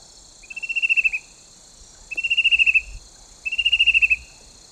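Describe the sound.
Chestnut-breasted cuckoo repeating three fast, slightly descending trills about every one and a half seconds, each swelling in loudness, against a continuous high insect drone.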